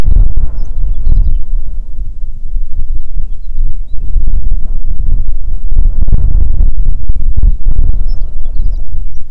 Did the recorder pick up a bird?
yes